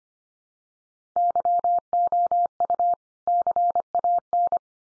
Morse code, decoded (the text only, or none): YOU CAN